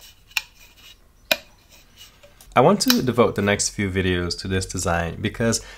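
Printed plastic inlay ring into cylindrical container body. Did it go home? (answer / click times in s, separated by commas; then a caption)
yes / 1.3 s. A 3D-printed white generic PLA Greek-key inlay ring is pressed around a printed cylindrical container body and snaps into place with a sharp click at 1.3 s, after a smaller tick at 0.4 s. From about 2.6 s someone talks.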